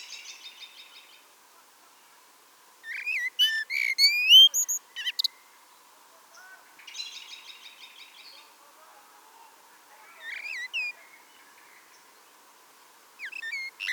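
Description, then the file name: Common blackbird twittering with varied squeaky, sliding phrases, interspersed with rasping buzzy bursts; a faint steady hum runs throughout. "Turdus merula"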